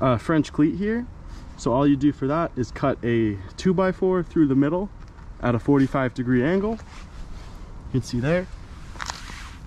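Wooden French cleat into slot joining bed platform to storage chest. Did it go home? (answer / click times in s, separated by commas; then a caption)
yes / 9.0 s, 9.1 s. A wooden French cleat, made from a 2x4 cut through the middle at a 45-degree angle, on a bed platform is dropped into its matching slot on a storage chest in a 2019 Subaru Crosstrek camping rig. Someone talks for most of the clip. Near the end, two sharp knocks at 9.0 s and 9.1 s mark the cleat seating in the slot.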